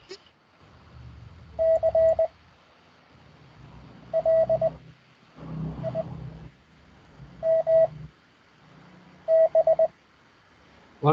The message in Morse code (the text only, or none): CLIMB